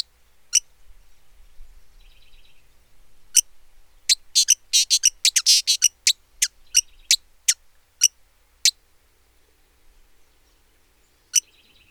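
Hooded visorbearer giving high, sharp chip notes, clustering into a dense burst before spacing out again, with faint thin trilled notes between.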